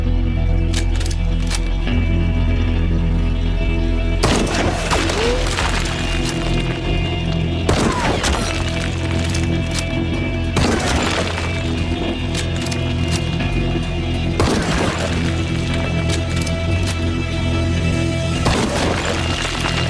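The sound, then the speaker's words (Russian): A shotgun being reloaded: several sharp, crunchy mechanical clacks arrive at uneven intervals over a steady low droning hum, with no voices. “Затем Джон достал ружье. Он перезаряжается.”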